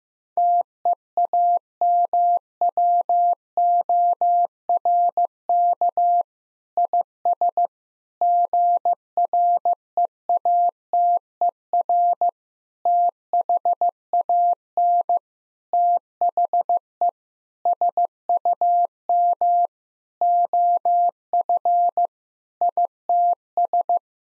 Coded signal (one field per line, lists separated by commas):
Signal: Morse code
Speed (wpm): 16 wpm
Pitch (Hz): 700 Hz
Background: none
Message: TEAMWORK IS GREATER THAN THE SUM OF ITS